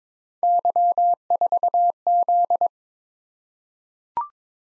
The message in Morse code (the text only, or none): Y4Z